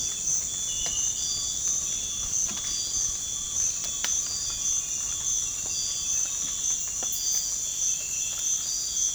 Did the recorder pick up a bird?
no